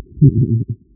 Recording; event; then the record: neck accelerometer signal played as sound; no cough (speech, laughter, throat clearing or background)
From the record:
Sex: female